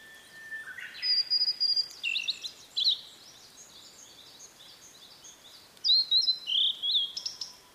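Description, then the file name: Blue-and-white flycatcher song with a rising whistle leading into fast high chirped notes, a pause of three seconds, then another bright phrase. "oruri"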